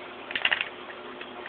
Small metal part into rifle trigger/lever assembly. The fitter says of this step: That pops right in there.